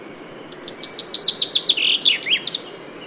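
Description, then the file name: Common chaffinch song: a rapid series of descending high notes ending with a flourish, about two seconds long, over faint background hiss. "Fringilla coelebs"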